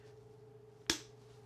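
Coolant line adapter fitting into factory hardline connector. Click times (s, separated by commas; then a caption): 0.9 s. A male coolant line adapter fitting is pushed into the factory female hardline connector coming off the front cover. A single sharp click rings out at 0.9 s over a steady low hum, and the fitting seats in place.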